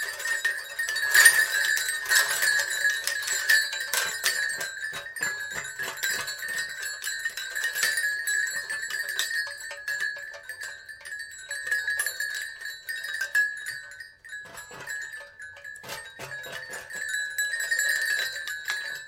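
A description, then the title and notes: Wind chimes ring in a dense, continuous jangle of bright metallic tones, with a steady high ring and louder clusters of strikes throughout. Wind Chimes ASMR: Tingles of Tranquility.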